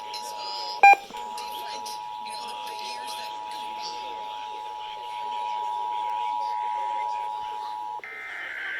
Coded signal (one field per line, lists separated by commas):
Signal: Emergency Alert System (SAME) tones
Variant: 853 and 960 Hz attention tone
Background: speech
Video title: EAS 3236-3242 PA RMT (See Description for the following stations)